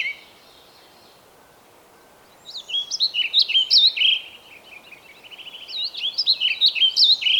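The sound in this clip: Bird song: after a faint start and a quiet stretch, a fast run of high chirping and twittering notes in varied phrases, over a faint steady background hiss.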